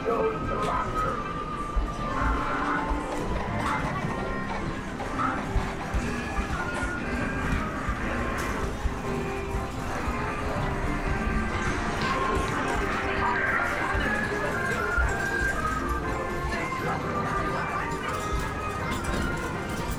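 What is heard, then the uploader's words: Inside an English seaside amusement arcade, machines whir and chime in a dense, unbroken wash of sound. Voices chatter throughout, with short bright tones and clinks popping up every few seconds over a steady low rumble. The nostalgic ambiance of an English seaside town amusement arcade. The sounds of clinking coins, whirring machines, and lively chatter. This binaural field recording captures the vibrant ambiance of a bustling arcade.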